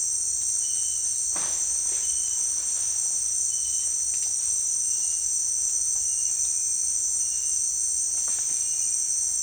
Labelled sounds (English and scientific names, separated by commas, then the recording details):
none
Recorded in dense forest near Puerto Asís, Putumayo, Colombia, on 29 June 2025 at 17:30
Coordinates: 0.466, -76.327
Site GP04